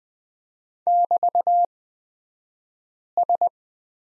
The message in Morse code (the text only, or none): <BT>S